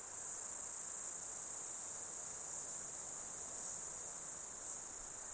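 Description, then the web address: Insects produce a steady, shrill, continuous buzz with faint swells, nothing else clearly heard. Insects during an Australian summer, outdoors. "Foundation 1 AMBIENCE AUSTRALIAN SUMMER INSECTS"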